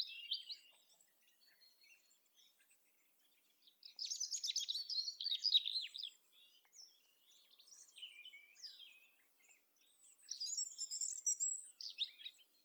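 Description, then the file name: European robin song, sparkling high twitters and whistles in several bursts with quieter notes between them. "Erithacus rubecula"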